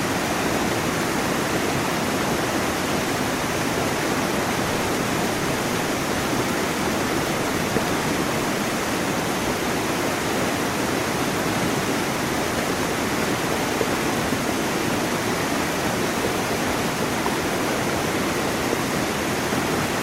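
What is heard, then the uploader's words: A waterfall roars steadily as water cascades over rocks into a pool below. The rushing sound is dense and unbroken, filling lows through highs with a soft hiss on top, and holds the same level for the whole twenty seconds without distinct splashes. Sounds of Cascading Water. A waterfall, as water cascades down the rocks and into a pool below. The gentle roar of the waterfall. This episode features only natural soundscapes with no dialogue or voice.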